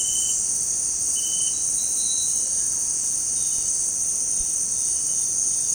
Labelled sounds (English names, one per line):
Cinereous Tinamou